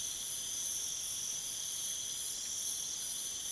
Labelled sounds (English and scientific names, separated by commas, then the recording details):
none
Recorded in pastures near Puerto Asís, Putumayo, Colombia, on 27 June 2025 at 00:30
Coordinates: 0.486, -76.323
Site H29